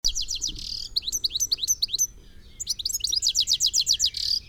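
European goldfinch calls: rapid bright tinkling notes high in pitch, delivered in quick bursts with a short pause midway, then another run of regular twittering syllables.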